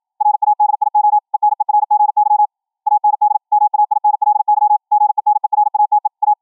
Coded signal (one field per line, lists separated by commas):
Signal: Morse code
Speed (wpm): 53 wpm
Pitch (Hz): 840 Hz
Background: none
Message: RADIO ENERGY AND MAINLY GENERATE A